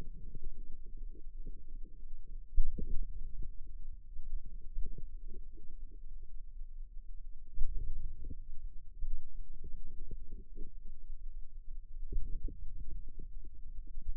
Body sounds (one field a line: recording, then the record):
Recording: forearm muscle sounds (acoustic myography)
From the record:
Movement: outward rotation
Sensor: system 2, bracelet of six BSWA MPA416 microphones around the upper forearm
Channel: 2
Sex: female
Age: 22 years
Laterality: right